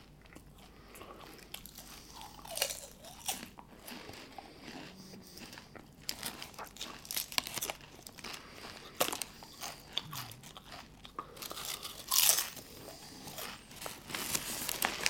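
Someone eats chips, with crisp bites and crunchy chewing coming in quick, uneven bursts across the whole stretch. Bright, sharp crackles stand out, loudest around twelve seconds, with quieter gaps of softer chewing and faint low rustling between them.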